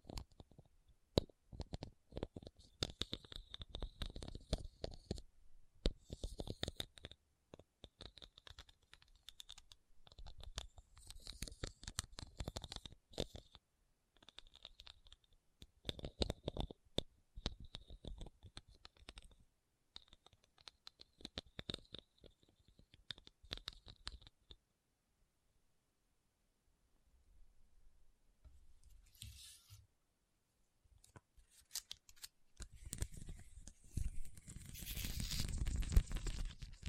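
Rhinestones being tapped and scratched in rapid, clicky bursts for most of the first 25 seconds, with short pauses between runs. After a quieter gap with a few soft clicks, a rougher, steadier scratching sound takes over from about 33 seconds to the end.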